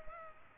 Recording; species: mosquito wingbeat signal from an infrared sensor; Culex pipiens